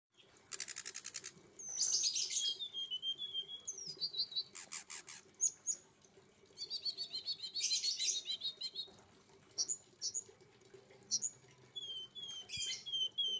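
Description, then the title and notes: Streaked spiderhunter song: bursts of high, sharp chirps and rapid buzzy trills mixed with thin whistled notes, delivered in quick irregular phrases with short pauses between. Indonesian training recording for cage birds; described as a bird singing actively, clear and long. "Pijantung Gunung Gacor Jernih Panjang. Masteran burung"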